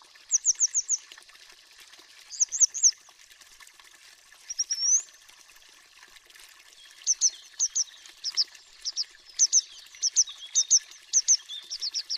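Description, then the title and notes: Grey Wagtail producing quick runs of high, thin notes in groups of three to five, a short rising slur, then many paired metallic chips, over rushing noise. High metallic two-syllable call; song a short series of sharp notes sung by the male in flight; breeds along fast mountain streams, winters in towns; nests in rock crevices, banks, under bridges, drains. "Triluri Urbane. Codobatura de munte. Orașul Vorbește. Societatea Ornitologica Română"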